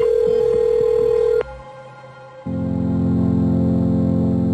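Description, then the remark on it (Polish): An electronic telephone ring: a steady high tone for over a second, a short gap, then a louder, buzzy lower ring that holds until the end, with no voices. “ale tradycyjnie już zaczynamy od telefonów.”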